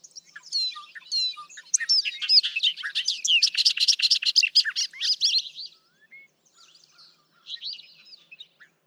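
Bobolink song: a rapid, bubbling jumble of metallic, tinkling notes pouring out for about five seconds, followed by softer scattered twittering.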